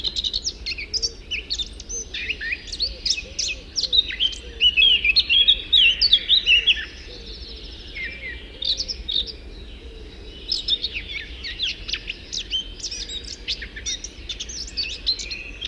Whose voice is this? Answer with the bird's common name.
Eurasian Blackcap